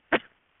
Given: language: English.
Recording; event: throat vibration sensor signal played as sound; cough